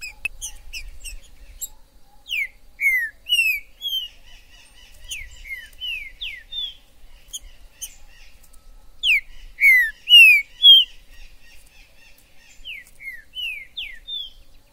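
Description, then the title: Green-winged saltator song: several phrases of rich slurred whistles over faint high chips. Trinca-ferro in the forest (mato), described as a 'major' singer, calling, singing and acting male in a contest; meant to stir up a pet saltator. "TRINCA Piando, Cantando E Macheando Na DISPUTA. TRINCA FERRO no MATO. Trinca ferro MAJOR no MATO"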